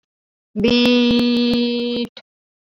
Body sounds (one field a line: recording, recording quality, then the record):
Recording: sustained vowel as in beet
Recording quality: excellent, no background noise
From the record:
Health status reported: healthy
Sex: female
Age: 31 years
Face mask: worn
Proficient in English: yes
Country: India